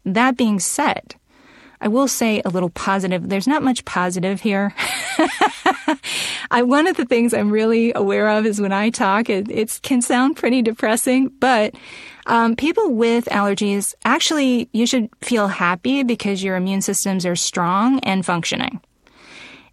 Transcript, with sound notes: That being said, I will say a little positive. There's not much positive here (laughter). One of the things I'm really aware of is when I talk, it can sound pretty depressing. But people with allergies, actually, you should feel happy because your immune systems are strong and functioning.